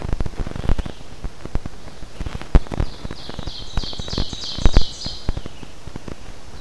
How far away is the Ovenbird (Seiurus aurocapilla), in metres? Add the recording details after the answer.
about 45 m. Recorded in boreal forest in Alberta, Canada, on 12 June 2016 at 07:42. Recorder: SongMeter 3, array SBT-3-18. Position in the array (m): 122 m, 108 m. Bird 29